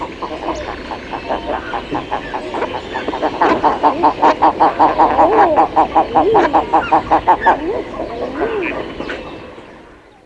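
Eider flock giving rapid, harsh, repeated grunting calls in a regular pulse, mixed with a few rising and falling cooing notes toward the end.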